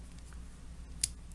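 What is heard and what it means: While transforming a Transformers Titans Return Legends Class Gnaw (Sharkticon) plastic action figure, a ball-jointed part is popped out and snapped back into its plastic socket on the second side. A sharp, bright snap at 1.0 s stands out over low background hum, with fainter ticks around it. The ball joint seats back in place.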